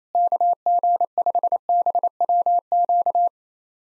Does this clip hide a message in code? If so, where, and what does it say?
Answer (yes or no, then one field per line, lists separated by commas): yes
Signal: Morse code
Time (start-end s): 0.2-3.3 s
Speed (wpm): 28 wpm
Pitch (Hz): 700 Hz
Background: none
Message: KG5BWQ